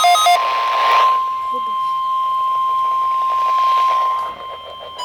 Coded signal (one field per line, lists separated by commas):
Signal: Emergency Alert System (SAME) tones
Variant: 1050 Hz attention tone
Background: speech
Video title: Required Weekly Test (EAS #280)